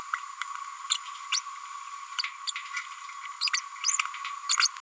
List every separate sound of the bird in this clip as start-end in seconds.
0.90-0.97, 1.31-1.40, 2.18-2.22, 2.47-2.52, 3.41-3.50, 3.53-3.57, 3.83-3.98, 4.49-4.56